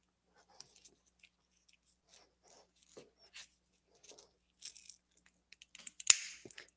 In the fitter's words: you hear that click